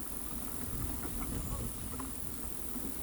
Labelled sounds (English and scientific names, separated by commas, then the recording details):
none
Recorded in pastures near Pivijay, Magdalena, Colombia, on 3 June 2023 at 18:00
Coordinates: 10.456, -74.369
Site P6-G026